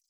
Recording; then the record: hydrophone in a shrimp aquaculture tank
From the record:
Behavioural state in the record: feeding